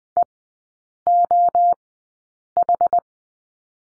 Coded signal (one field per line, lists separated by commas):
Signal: Morse code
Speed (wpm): 20 wpm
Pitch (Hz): 700 Hz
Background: none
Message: EOH